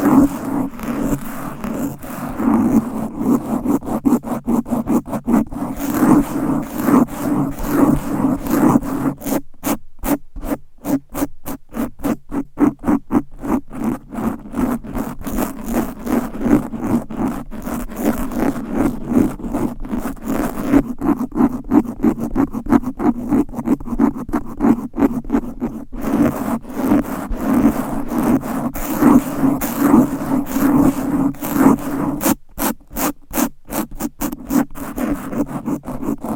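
Fast, aggressive scratching of nails across a microphone cover, a dense low rasp broken into rapid, regular strokes that speed up in bursts.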